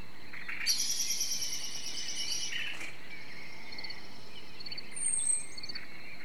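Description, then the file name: Common blackbird giving a high, fast, scratchy chatter for about two seconds, followed by quieter notes. "Turdus merula"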